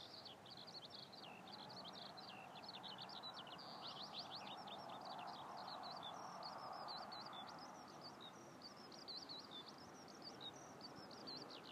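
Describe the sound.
Eurasian skylark delivering a sustained, rapid stream of high chirping and trilled notes without pause, fairly even in pitch, over a constant broad background rush.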